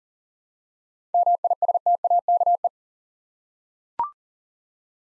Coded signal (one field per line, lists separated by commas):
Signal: Morse code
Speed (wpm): 38 wpm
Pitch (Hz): 700 Hz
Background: none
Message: MISTAKE